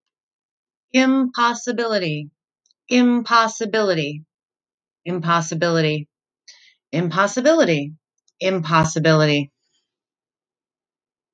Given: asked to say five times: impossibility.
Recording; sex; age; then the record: repeated word; female; 40 to 49 years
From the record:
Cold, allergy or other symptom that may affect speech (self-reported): no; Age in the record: 43 years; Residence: Connecticut, United States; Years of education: 15